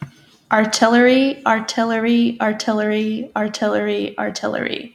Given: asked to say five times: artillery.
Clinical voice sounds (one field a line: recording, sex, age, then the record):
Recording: repeated word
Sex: female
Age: 20 to 29 years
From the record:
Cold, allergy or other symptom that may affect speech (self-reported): no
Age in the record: 21 years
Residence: Arkansas, United States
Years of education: 14